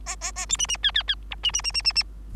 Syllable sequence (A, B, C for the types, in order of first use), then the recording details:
A A A B C C D D D E C C C C C C. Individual Bird3